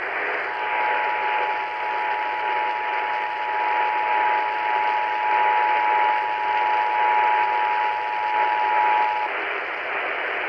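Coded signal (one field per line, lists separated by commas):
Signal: Emergency Alert System (SAME) tones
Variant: 853 and 960 Hz attention tone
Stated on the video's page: Required monthly test tones heard on an AM radio station at 760 kHz, sent early and with no audio message.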